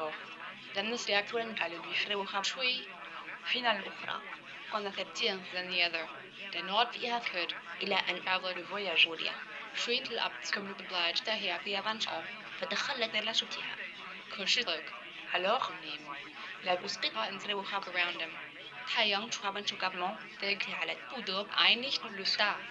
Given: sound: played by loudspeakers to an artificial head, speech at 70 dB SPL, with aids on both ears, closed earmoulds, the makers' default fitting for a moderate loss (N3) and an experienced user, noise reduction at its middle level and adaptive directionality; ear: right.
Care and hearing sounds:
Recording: speech test signal (ISTS) in cocktail-party noise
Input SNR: +3 dB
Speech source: on the right (90 degrees)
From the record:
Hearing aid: class 1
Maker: F

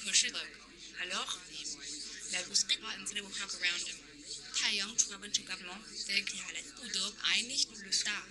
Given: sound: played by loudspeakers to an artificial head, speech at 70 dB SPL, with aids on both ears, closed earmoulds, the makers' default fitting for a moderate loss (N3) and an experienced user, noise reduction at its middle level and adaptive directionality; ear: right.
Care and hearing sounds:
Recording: speech test signal (ISTS) in cocktail-party noise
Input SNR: 0 dB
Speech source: on the right (90 degrees)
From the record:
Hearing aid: class 1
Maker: H

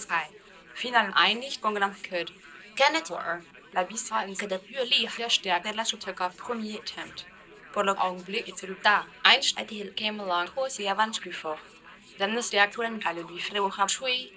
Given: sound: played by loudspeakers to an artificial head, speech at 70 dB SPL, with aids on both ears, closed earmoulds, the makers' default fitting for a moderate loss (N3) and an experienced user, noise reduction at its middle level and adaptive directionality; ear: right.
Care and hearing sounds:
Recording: speech test signal (ISTS) in cocktail-party noise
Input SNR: +9 dB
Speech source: on the right (90 degrees)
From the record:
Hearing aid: class 2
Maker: E

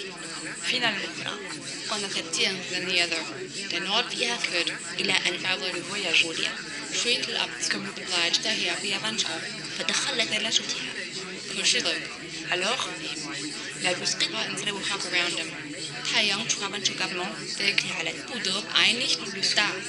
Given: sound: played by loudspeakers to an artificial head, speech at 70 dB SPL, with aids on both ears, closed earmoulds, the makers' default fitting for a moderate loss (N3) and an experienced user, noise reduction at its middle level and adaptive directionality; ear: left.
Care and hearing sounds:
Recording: speech test signal (ISTS) in cocktail-party noise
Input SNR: -3 dB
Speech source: in front (0 degrees)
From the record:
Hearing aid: class 1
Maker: B

